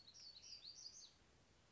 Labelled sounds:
Black-throated Gray Warbler (Setophaga nigrescens)
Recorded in Sonoma County, California

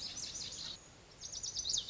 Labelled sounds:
Lazuli Bunting (Passerina amoena)
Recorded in Sonoma County, California

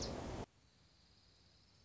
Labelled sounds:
Dark-eyed Junco (Junco hyemalis)
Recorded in Sonoma County, California

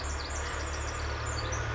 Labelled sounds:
Pacific Wren (Troglodytes pacificus)
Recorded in Sonoma County, California

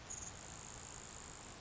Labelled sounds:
Grasshopper Sparrow (Ammodramus savannarum)
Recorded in Sonoma County, California

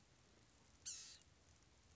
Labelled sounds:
Blue-gray Gnatcatcher (Polioptila caerulea)
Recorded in Sonoma County, California

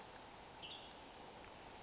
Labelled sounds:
Western Tanager (Piranga ludoviciana)
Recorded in Sonoma County, California

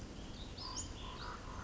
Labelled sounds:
Western Flycatcher (Empidonax difficilis)
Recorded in Sonoma County, California

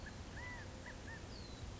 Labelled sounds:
California Quail (Callipepla californica)
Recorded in Sonoma County, California

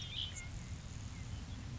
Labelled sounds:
Grasshopper Sparrow (Ammodramus savannarum)
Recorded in Sonoma County, California

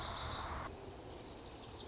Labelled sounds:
Lazuli Bunting (Passerina amoena)
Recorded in Sonoma County, California

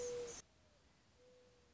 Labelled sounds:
Mourning Dove (Zenaida macroura)
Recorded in Sonoma County, California

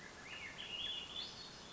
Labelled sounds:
Swainson's Thrush (Catharus ustulatus)
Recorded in Sonoma County, California

